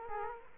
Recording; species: mosquito wingbeat signal from an infrared sensor; Culex quinquefasciatus